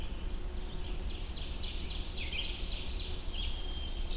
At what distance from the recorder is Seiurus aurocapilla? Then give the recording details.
about 90 m. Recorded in boreal forest in Alberta, Canada, on 21 June 2016 at 06:49. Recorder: SongMeter 3, array SBT-6-81. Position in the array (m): 51 m, 124 m. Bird 23